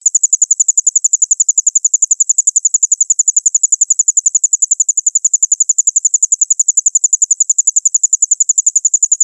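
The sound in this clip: Cricket chirping, a steady, very regular high pulsing throughout, with no other sounds.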